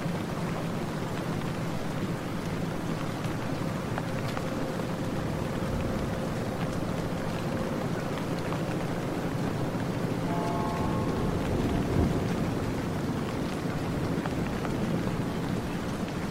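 Steady rain falls throughout, a dense, even hiss with a heavy low rumble underneath that never lets up. Faint thin tones hum in the background, and a brief chime-like set of tones appears around ten to eleven seconds.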